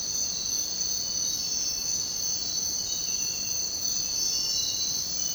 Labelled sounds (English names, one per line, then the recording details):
none
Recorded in dense forest near Puerto Asís, Putumayo, Colombia, on 23 June 2025 at 05:30
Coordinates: 0.499, -76.324
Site G100